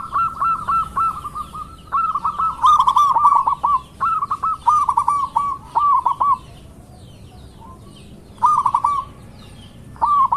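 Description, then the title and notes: Zebra dove song of quick cooing notes in short rolling phrases, repeated with brief gaps. Actively singing dove in a long-duration lure recording. "Pancingan Perkutut Durasi Panjang. Suara Burung Perkutut Gacor"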